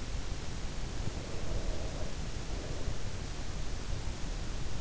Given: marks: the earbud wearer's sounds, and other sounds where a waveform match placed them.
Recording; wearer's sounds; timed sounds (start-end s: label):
sounds in sleep by an in-ear microphone; breath
0.65-3.97 s: breath